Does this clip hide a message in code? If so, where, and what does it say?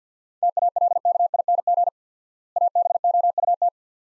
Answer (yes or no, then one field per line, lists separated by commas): yes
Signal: Morse code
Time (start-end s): 0.4-3.7 s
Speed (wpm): 50 wpm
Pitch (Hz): 700 Hz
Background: none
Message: TALKING ABOUT